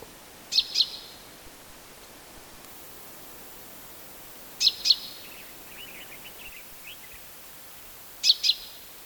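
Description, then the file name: Common chaffinch calls: crisp, high paired notes repeated about every four seconds, with faint soft chirps in between. "Fringilla coelebs"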